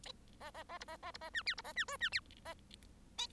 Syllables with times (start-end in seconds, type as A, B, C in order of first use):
0.40-0.51 A, 0.54-0.63 A, 0.69-0.78 A, 0.80-0.85 B, 0.87-0.97 A, 1.02-1.11 A, 1.14-1.17 B, 1.21-1.30 A, 1.33-1.43 C, 1.46-1.55 D, 1.57-1.62 B, 1.64-1.73 A, 1.75-1.85 C, 1.88-1.97 E, 2.00-2.09 C, 2.12-2.20 D, 2.45-2.54 A